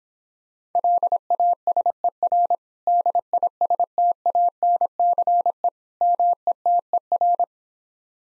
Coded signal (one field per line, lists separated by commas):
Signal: Morse code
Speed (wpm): 26 wpm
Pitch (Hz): 700 Hz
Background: none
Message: LASER DISTANCE METER